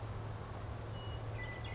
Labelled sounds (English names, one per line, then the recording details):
Western Meadowlark
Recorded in Sonoma County, California